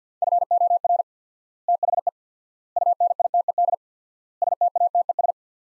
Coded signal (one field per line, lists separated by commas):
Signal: Morse code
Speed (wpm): 49 wpm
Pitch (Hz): 700 Hz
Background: none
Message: FOR THE UNITED STATES